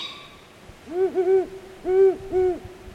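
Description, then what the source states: Great Horned Owl hoots, deep and muffled: a stuttered group of hoots, a pause, then two more. Female responding to the begging juvenile, about 11 p.m., days after the earlier recordings.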